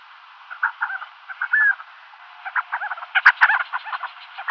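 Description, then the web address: Crowned sandgrouse calls: bursts of gurgling, chuckling notes in irregular groups, growing busier toward the end. "Schulze Peter Crowned Sandgrouse"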